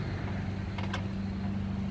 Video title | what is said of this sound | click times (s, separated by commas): How to rebuild an Alita 60 air pump. | slide it on, it locks into place. | 0.8 s, 0.9 s